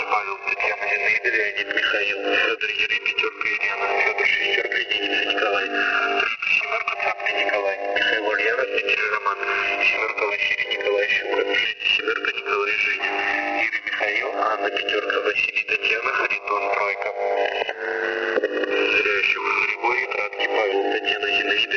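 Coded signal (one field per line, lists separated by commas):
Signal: coded military voice message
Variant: The Pip, Russian voice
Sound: muffled, band-limited voice speaking continuously over shortwave, with overlapping tonal interference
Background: radio static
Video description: "The Pip" is a Russian military radiostation that broadcasts on 5448 kHz at daytie and 3756 kHz at nighttime.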